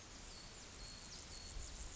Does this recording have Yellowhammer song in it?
no